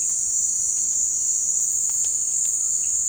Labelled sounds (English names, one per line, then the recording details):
none
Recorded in dense forest near Puerto Asís, Putumayo, Colombia, on 20 February 2024 at 17:30
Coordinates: 0.472, -76.329
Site G6394